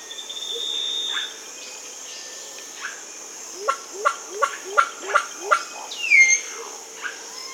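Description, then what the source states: Solitary Cacique giving a series of six quick notes, then a louder squawking note, with a constant high drone behind. South America.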